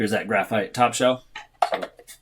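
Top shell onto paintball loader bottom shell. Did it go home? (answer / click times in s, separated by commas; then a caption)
yes / 1.6 s. Someone talks, then a graphite glass-filled nylon top shell is pressed onto a black leopard paintball loader bottom shell. It snaps into place with a sharp, positive click at 1.6 s, followed by a few faint rattles. The top shell locks on securely.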